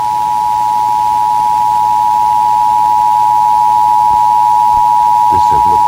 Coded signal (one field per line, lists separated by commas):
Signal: Emergency Alert System (SAME) tones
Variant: 853 and 960 Hz attention tone